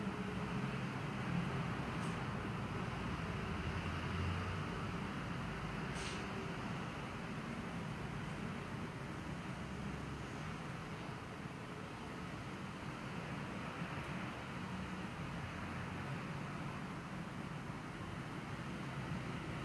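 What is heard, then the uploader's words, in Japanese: Ambient sound recorded from a home window: a steady, dense low rumble like passing traffic holds throughout, with an even hiss above it. A couple of brief sharp ticks stand out around two and six seconds, and otherwise the level hardly changes. 私の家の窓辺から録音した環境音。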